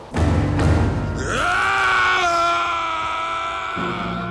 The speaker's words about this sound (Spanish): Cuando Mulan estaba arreglando sus cosas para volver a su casa, oyó un grito que provenía de la zona del valle que la luz había arrasado.